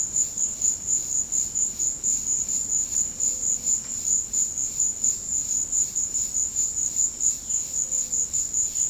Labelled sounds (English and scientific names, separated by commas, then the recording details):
none
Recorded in pastures near Puerto Asís, Putumayo, Colombia, on 12 March 2025 at 16:00
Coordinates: 0.502, -76.324
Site GP07